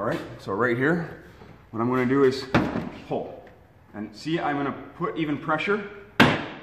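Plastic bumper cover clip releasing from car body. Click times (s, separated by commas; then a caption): 6.2 s. Someone talks while pulling the plastic bumper cover away from the car body with even pressure. At 6.2 s a retaining clip snaps loose with a loud, sharp snap, releasing the cover.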